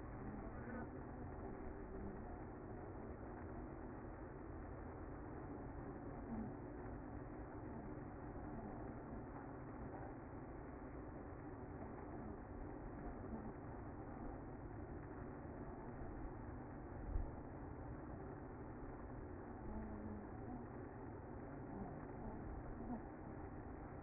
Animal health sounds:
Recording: honeybee colony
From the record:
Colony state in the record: active

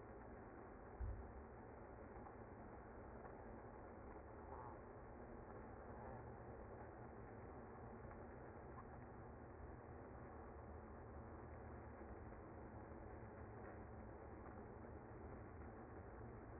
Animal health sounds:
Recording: honeybee colony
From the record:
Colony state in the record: active

